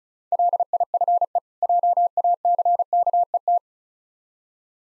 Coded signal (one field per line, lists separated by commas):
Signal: Morse code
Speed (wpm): 38 wpm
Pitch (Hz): 700 Hz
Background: none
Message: LIFE JACKET